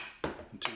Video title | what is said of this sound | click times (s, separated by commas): How to Programme a QuietDrive, SlientDrive, OverDrive Roller Door Opener | you hear a click, and that allows your door to freewheel and open by manual control. | 0.7 s